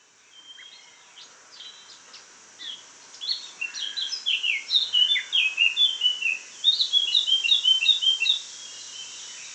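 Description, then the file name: Eurasian blackcap song opening with scattered soft notes, then a sustained five-second stretch of rapid, bright, slurred warbling phrases that stops abruptly. "Sylvia atricapilla"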